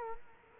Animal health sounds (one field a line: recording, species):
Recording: mosquito wingbeat signal from an infrared sensor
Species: Culex quinquefasciatus